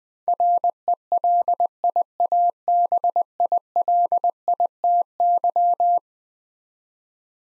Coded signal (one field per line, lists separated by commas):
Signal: Morse code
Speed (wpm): 21 wpm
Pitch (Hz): 700 Hz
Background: none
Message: RELIABILITY